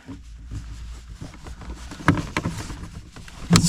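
A stubborn front plastic interior trim panel on an E46 is pushed upward onto its plastic holders in the car body, needing a bit of force. Amid low rustling and handling noise, sharp snaps ring out at 2.1, 2.4 and 3.6 seconds as the clips engage. The panel is seated, and someone talks.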